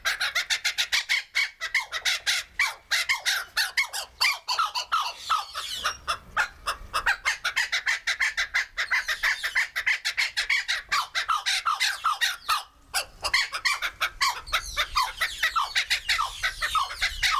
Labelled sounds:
Laughing Kookaburra (Dacelo novaeguineae) call
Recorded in captivity
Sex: pair
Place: Zoo Berlin, Berlin, DE
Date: 1996-04-06 16:02
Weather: heiter, 10 - 16°C
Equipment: Sony MD-WM MZ-R3, Sennheiser MKH 416 T, Kopie Uher 4000 Report Monitor
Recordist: Tembrock, Günter

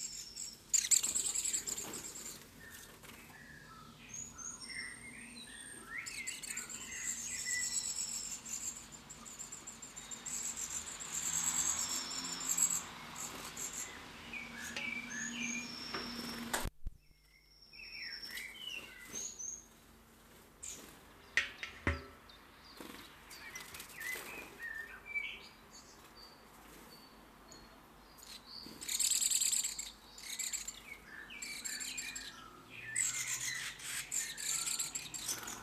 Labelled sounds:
Great Tit (Parus major) begging call
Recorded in the wild
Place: Kaiserslautern, Rheinland-Pfalz, DE
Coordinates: 49.4247, 7.77889
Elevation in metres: 279
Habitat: garden
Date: 1983-05-23
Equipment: Nagra IV, Sennheiser MKH 405, Parabolreflektor
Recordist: Tretzel, Erwin

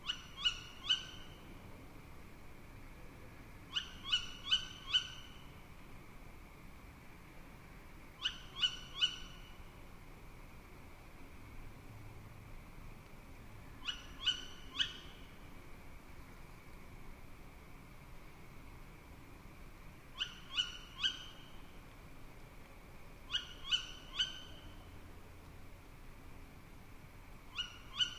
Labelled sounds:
Tawny Owl (Strix aluco) call
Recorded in the wild
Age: juvenile
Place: Kützerhof, Kummerower See, Mecklenburg-Vorpommern, DE
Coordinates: 53.87, 12.8672
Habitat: wood
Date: 2010-05-20 23:18
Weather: cloudy, 15°C, weak winds
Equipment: Sound Devices 702, Sennheiser MKH 70, Rycote Windschutz
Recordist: Frommolt, Karl-Heinz

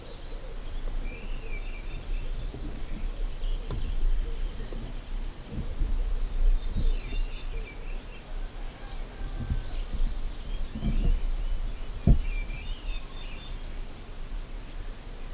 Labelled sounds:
Ortolan Bunting (Emberiza hortulana) call
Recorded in the wild
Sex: pair
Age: adult
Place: Schloß Holte-Stukenbrock, Senne, Nordrhein-Westfalen, DE
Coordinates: 51.8722, 8.665
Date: 1967-05-14
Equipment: Uher 4000 Report-S, Bändchenmikro Beyer M 260, Parabolspiegel Polyester (470 mm)
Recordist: Conrads, Klaus

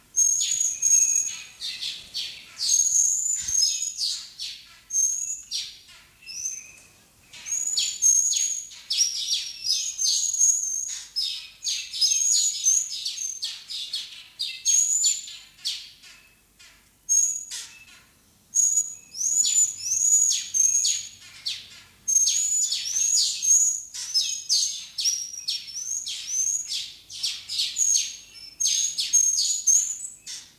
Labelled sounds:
Taveta Weaver (Ploceus castaneiceps) call
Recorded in captivity
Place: Zoo Berlin, Berlin, DE
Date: 2003-11-13 15:01
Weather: fair, ca. 0°C
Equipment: Fair Mate ST-1328 (Asahi Electronics, Japan), Sennheiser ME 80, Kopie Uher 4000 Report Monitor
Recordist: Tembrock, Günter

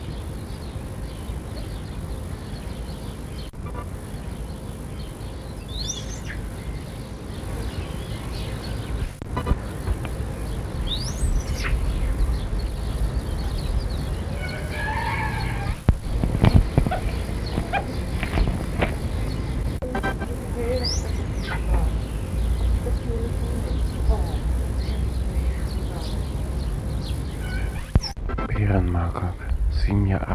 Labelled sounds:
Stump-tailed Macaque (Macaca arctoides) call
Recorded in captivity
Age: adult
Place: Zoo Rostock, Mecklenburg-Vorpommern, DE
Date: 1962-05-25 13:00
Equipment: Minifon, Kopie Smaragd
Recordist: Tembrock, Günter

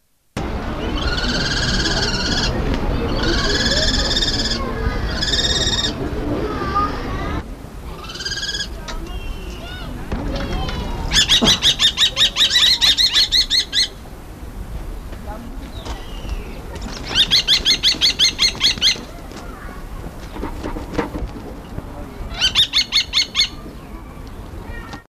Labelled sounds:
Common Kestrel (Falco tinnunculus) call
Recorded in captivity
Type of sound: call
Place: Zoo Duisburg, Nordrhein-Westfalen, DE
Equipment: Halbspur, 9,5 cm/s
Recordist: Lütgens, Hans
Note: Rufe

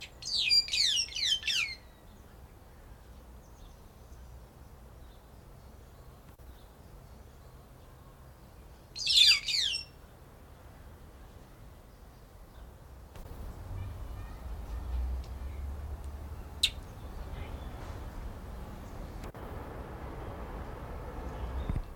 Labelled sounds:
D'Arnaud's Barbet (Trachyphonus darnaudii), White-headed Buffalo-Weaver (Dinemellia dinemelli)
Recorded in captivity
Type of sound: song, call, call sequence, twittering
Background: Dinemellia dinemelli
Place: Zoo Berlin, Berlin, DE
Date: 1992-10-24 12:20
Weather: bedeckt, 4-6°C
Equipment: Marantz CP 430, Sennheiser ME 80, Kopie Tesla B 116
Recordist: Tembrock, Günter
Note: Kurzlaute, am Boden Futter suchend

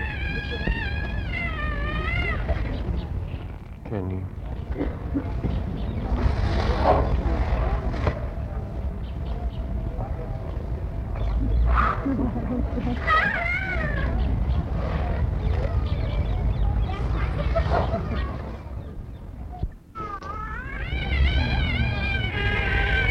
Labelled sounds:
Asian Elephant (Elephas maximus)
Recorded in captivity
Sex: group
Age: adult
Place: Zoo Berlin, Berlin, DE
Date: 1960-11-16 15:00
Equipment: Minifon, Kopie Smaragd
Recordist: Tembrock, Günter
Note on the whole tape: Kuh "Jenny" ca. 50 Jahre alt: helle Laute (Inspiration), auch Grollen, Bulle "Mampe" trompetet, "Jenny" auch, dunkler und heiser klingend; dann allgemeine Erregung: Trompeten 7 Tiere, 3 Afrikaner dabei, Abstand 6 m

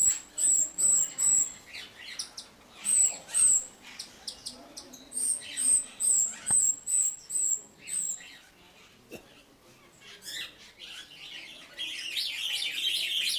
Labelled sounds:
Grosbeak Starling (Scissirostrum dubium)
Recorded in captivity
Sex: group
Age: diverse
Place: Zoo Berlin, Berlin, DE
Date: 1997-10-18 11:18
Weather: sunny, 12-15°C
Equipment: Nagra SN, Kopie Uher 4000 Report Monitor
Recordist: Tembrock, Günter

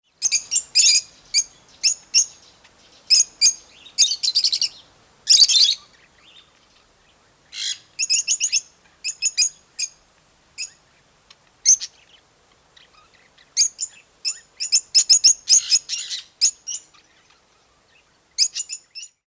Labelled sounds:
Rosy-faced Lovebird (Agapornis roseicollis)
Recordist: Tembrock, Günter
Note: Rufe einer Gruppe

